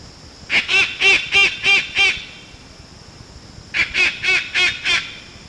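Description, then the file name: White cockatoo calling in two short bouts of harsh, honking notes, about five or six each, separated by a silent gap of over a second. "Cacatuaalba"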